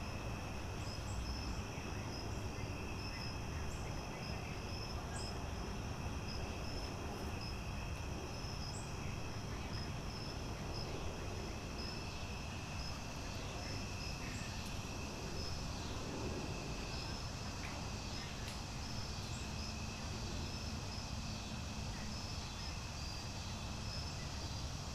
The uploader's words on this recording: Standing in the Woodland Fairy Garden outside of the Duke Mansion.